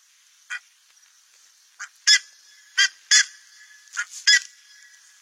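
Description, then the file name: Buff-necked ibis giving harsh, nasal honking notes, single and doubled, at irregular intervals. "canto da curicaca"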